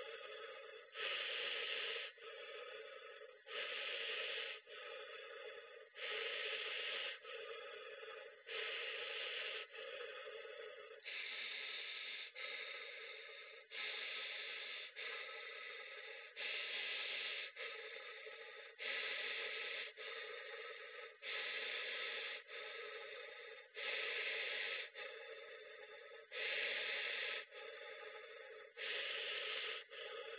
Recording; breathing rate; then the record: paced breathing near a phone; 24 breaths a minute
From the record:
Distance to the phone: 20 cm